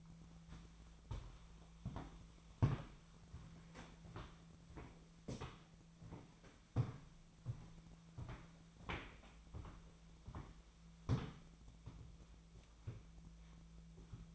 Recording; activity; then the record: daily activity, microphone in the room; walk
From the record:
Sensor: 1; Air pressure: 1008.3 hPa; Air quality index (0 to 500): 190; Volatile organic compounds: 17 ppm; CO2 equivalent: 2581 ppm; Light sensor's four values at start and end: 18/45/18/21 and 17/43/17/20